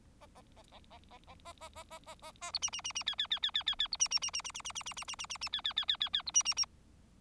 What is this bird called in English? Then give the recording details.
Bengalese Finch. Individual Bird4